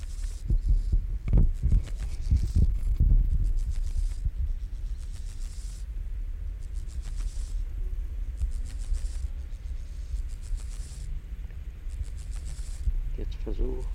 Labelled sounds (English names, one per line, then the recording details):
Steppe Grasshopper stridulation
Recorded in the wild
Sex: male
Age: imago
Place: Schildow, NSG, Kalktuffgelände am Tegeler Fließ (NSG Schildow), Berlin, DE
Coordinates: 52.642, 13.368
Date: 1993-08-14
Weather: sonnig, 24-28°C
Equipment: Marantz CP 430, Sennheiser ME 80, Kopie Uher Variocord 263
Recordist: Tembrock, Günter